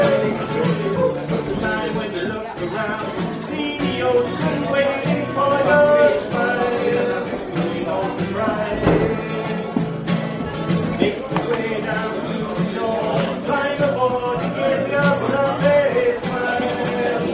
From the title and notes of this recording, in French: Kerry's bar a théme une chouette ambiance dans ce bar !